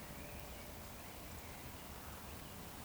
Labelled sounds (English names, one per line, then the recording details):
Eurasian Woodcock whistle
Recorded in Baden-Württemberg, Germany, on 15 June 2020 at 19:34 UTC
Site 14569, 102 m above sea level